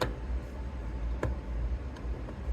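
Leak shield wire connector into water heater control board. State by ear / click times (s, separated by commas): not seated / none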